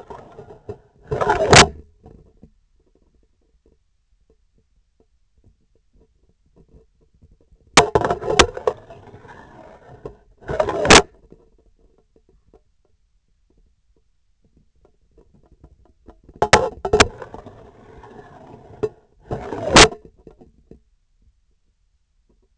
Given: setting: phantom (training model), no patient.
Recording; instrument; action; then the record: laparoscopic instrument, vibration sensor on the handle end; scissors; insertion and removal through the trocar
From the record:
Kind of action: spatial motion